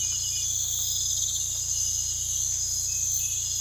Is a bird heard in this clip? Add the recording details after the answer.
no. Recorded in pastures near Puerto Asís, Putumayo, Colombia, on 16 December 2024 at 04:30. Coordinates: 0.472, -76.329. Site G072